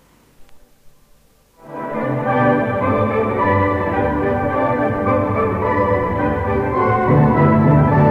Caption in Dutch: U hoort dadelijk muziek, eerst normaal en daarna of u in toenemende mate slechthorend bent voor de hoge tonen. Nu worden de frequenties boven de 4000 trillingen per seconde onhoorbaar gemaakt.